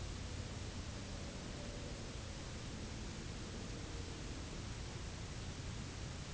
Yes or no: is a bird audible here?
no